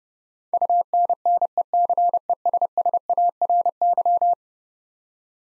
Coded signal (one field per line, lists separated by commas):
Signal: Morse code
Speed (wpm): 30 wpm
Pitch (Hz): 700 Hz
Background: none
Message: UNNECESSARY